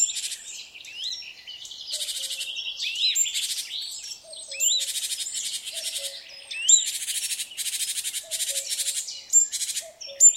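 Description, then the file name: Great tit harsh churring bursts with rising chirps and thin whistles, fairly continuous, accompanied by a soft low two-part tone every couple of seconds. "Parus major"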